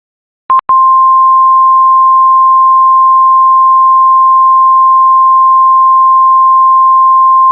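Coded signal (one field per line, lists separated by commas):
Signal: Emergency Alert System (SAME) tones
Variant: 1050 Hz attention tone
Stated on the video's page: Fan-made mock of a winter storm warning for Colorado.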